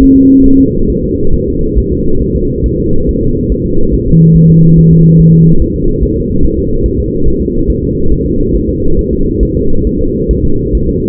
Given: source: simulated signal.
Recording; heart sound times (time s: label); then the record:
fetal heart sounds
0.02 s: S1
0.16 s: S2
0.46 s: S1
0.60 s: S2
0.90 s: S1
1.04 s: S2
1.34 s: S1
1.48 s: S2
1.79 s: S1
1.92 s: S2
2.22 s: S1
2.36 s: S2
2.66 s: S1
2.80 s: S2
3.09 s: S1
3.23 s: S2
3.52 s: S1
3.66 s: S2
3.94 s: S1
4.08 s: S2
4.37 s: S1
4.50 s: S2
4.79 s: S1
4.93 s: S2
5.20 s: S1
5.34 s: S2
5.62 s: S1
5.76 s: S2
6.03 s: S1
6.17 s: S2
6.45 s: S1
6.59 s: S2
6.86 s: S1
7.00 s: S2
7.28 s: S1
7.42 s: S2
7.70 s: S1
7.84 s: S2
8.12 s: S1
8.26 s: S2
8.55 s: S1
8.69 s: S2
8.99 s: S1
9.13 s: S2
9.43 s: S1
9.57 s: S2
9.87 s: S1
10.01 s: S2
10.31 s: S1
10.45 s: S2
10.75 s: S1
10.89 s: S2
From the record:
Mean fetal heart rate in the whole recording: 140 bpm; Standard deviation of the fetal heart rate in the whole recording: 2 bpm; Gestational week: 34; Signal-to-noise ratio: -19.1 dB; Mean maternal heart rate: 72 bpm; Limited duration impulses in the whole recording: present